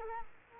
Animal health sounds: mosquito wingbeat signal from an infrared sensor; Culex quinquefasciatus

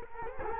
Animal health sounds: mosquito wingbeat signal from an infrared sensor; Culex quinquefasciatus

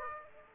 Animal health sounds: mosquito wingbeat signal from an infrared sensor; Aedes aegypti

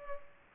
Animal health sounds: mosquito wingbeat signal from an infrared sensor; Culex pipiens

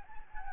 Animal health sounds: mosquito wingbeat signal from an infrared sensor; Anopheles gambiae

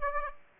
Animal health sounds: mosquito wingbeat signal from an infrared sensor; Aedes aegypti

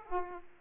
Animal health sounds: mosquito wingbeat signal from an infrared sensor; Aedes aegypti

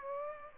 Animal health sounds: mosquito wingbeat signal from an infrared sensor; Aedes aegypti

